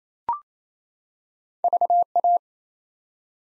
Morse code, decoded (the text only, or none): VA